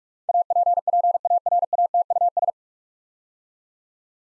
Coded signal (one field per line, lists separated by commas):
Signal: Morse code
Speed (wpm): 44 wpm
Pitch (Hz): 700 Hz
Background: none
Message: APPARATUS